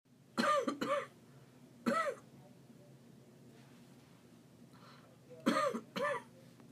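Five short, fairly clean cough bursts come in three groups (two, one, two) over about six seconds, with quiet between them, from an adult with tracheobronchomalacia after treatment. The cough has no harsh, barking quality.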